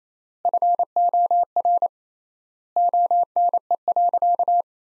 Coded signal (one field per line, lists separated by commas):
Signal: Morse code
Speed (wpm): 28 wpm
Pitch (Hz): 700 Hz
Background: none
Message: FOR ONE.